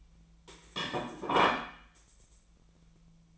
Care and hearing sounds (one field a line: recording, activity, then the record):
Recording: daily activity, microphone in the room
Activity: place plate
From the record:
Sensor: 1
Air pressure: 1009.3 hPa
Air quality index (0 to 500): 195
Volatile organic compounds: 19 ppm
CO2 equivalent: 2664 ppm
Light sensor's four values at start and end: 29/73/30/36 and 28/73/30/36